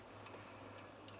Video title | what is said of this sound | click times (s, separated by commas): Dewalt 20v Battery Light | this back in and make sure all the slots line up and snaps into place | 1.1 s